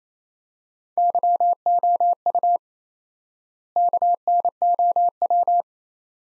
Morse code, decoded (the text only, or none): YOU KNOW